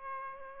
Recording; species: mosquito wingbeat signal from an infrared sensor; Aedes albopictus